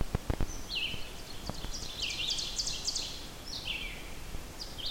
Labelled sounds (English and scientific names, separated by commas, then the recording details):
Ovenbird (Seiurus aurocapilla) song
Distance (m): 50 m
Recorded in boreal forest in Alberta, Canada, on 14 June 2016 at 07:58
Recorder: SongMeter 3, array SBT-3-33
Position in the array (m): 160 m, 187 m
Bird 46